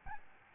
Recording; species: mosquito wingbeat signal from an infrared sensor; Aedes albopictus